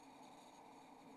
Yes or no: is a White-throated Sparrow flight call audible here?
no